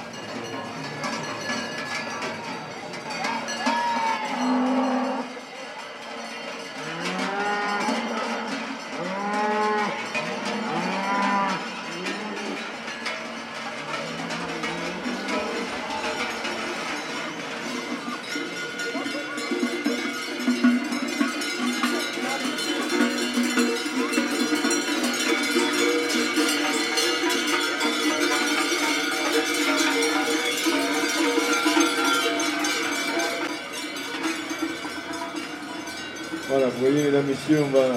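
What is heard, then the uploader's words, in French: At a café terrace, cows arrive with clanking cowbells and mooing, the clatter growing denser and louder over voices in the background. Dans ma rue 1 : Les vaches. A une terrasse de café, quand arrive... les vaches !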